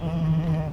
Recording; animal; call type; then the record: contact call of a hoofed animal; goat; low-frequency (closed-mouth) or high-frequency (open-mouth) call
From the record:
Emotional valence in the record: negative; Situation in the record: short social isolation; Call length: 0.73 s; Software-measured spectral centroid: 1280 Hz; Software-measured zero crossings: 500 a second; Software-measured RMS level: -24 dBFS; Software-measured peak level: -14 dBFS